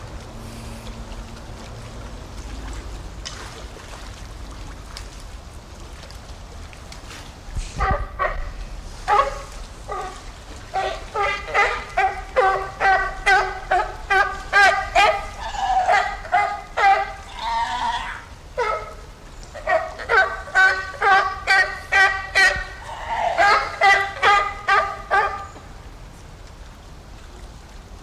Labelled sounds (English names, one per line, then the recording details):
California Sea Lion call
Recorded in captivity
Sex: diverse
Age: diverse
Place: Zoo Osnabrück, Niedersachsen, DE
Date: 1991-09-09 12:36
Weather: overcast, 13°C
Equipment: Marantz CP 430, Kopie Tesla B 116
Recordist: Tembrock, Günter